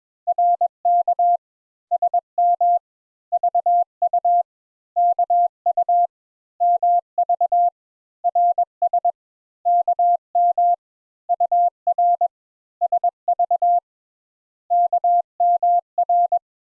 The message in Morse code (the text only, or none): RK SM VU KU MV RS KM UR SV KMR